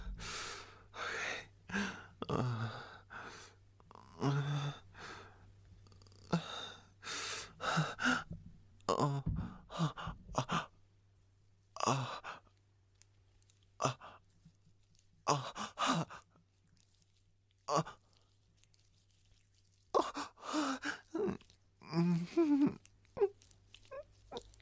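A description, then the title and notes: A man moans and whimpers in short, breathy bursts, with sighs and gasps between them. The sounds come in clusters, busiest in the first ten seconds, then spaced by longer silences before a louder, strained cry near twenty-two seconds. A low steady hum runs underneath throughout. Male moaning & whimpering asmr.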